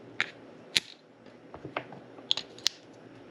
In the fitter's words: these snap in place like that when you're not using them to hold on to them.